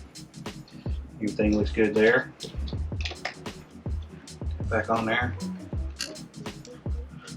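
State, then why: Seated. An electrical connector is pushed back onto the ignition coil of a Lincoln MKX after the spark plug and coil go back in, and it clicks into place at 6.0 s. Someone talks over faint background music, with small handling knocks and taps throughout. The connector is seated, and its locking tab is then pushed back.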